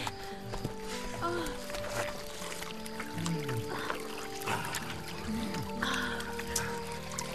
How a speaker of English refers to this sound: Sire, there's a trickle of water coming down the rock. We should drink of it while we may.